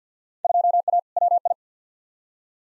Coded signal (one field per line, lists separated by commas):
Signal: Morse code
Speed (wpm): 50 wpm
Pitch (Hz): 700 Hz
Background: none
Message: 2A WI